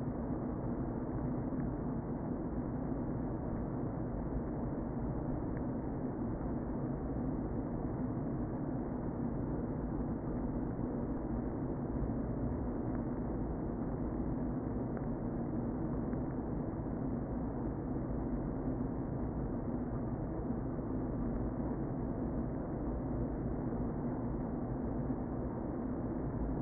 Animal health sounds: honeybee colony, microphone inside the hive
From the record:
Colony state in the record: queen present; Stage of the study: before two queens were removed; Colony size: about 60,000 bees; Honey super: yes

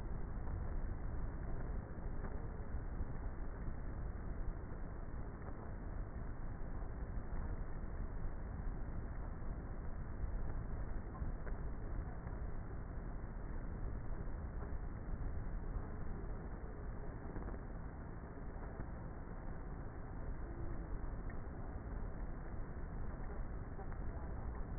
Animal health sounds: honeybee colony, microphone inside the hive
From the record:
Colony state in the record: queenless with a low population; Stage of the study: before two queens were removed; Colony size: about 30,000 bees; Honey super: no

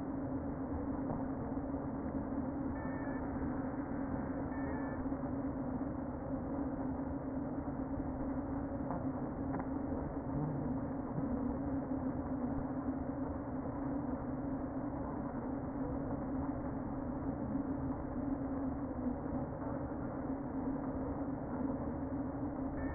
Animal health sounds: honeybee colony, microphone inside the hive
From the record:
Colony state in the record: queen present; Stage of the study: before two queens were removed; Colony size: about 60,000 bees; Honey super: yes

